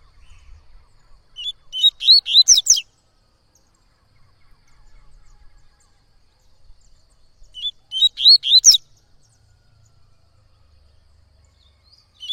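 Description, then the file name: Coleiro-baiano singing two phrases of rapid, sliding whistled notes about six seconds apart, each ending in a higher twittering flourish. Singing a lot; tui-tui song style. "Coleiro Baiano Cantando Muito Canto Tui Tui"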